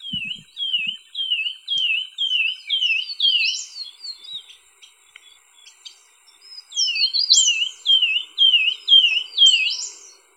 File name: Scrub greenlet